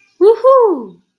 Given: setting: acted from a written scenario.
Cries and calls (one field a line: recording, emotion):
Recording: vocal sound without words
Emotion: pride